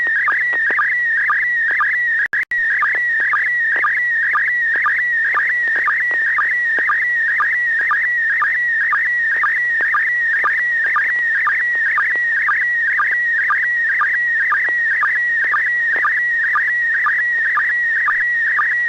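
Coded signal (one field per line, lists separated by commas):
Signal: SSTV (slow-scan television)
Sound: steady warbling whistle near 2 kHz with rhythmic low blips twice a second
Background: low steady hum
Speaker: have a good copy here we'll let Bob comment first n6 tgq okay well we have uh what looks like three apples on the top and an apple and a half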